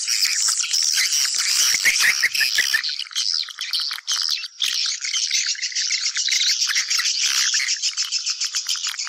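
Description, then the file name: Swiftlets twitter in a high, crowded chorus of quick chirps and thin trills. Lure sound used to attract swiftlets for nest farming. "Am thanh du yen"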